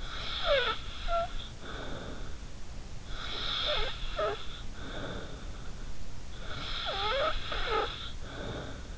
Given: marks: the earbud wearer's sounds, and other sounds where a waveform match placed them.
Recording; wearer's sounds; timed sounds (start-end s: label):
sounds in sleep by an in-ear microphone; snoring breath
0.03-2.42 s: snoring breath
3.05-5.83 s: snoring breath
6.39-8.98 s: snoring breath